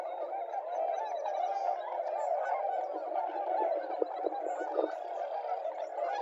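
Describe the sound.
Tundra swans calling as a flock, a dense steady chorus of overlapping honking calls with no pause throughout.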